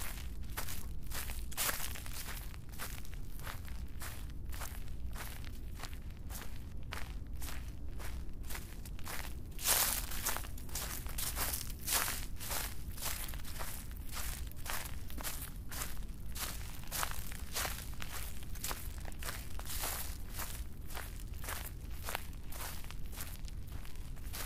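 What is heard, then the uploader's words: Footsteps crunch steadily over dry leaves, crisp bright rustles at a regular walking pace, over a low continuous rumble. Walking on dry leaves. 枯れ葉の上を歩いています。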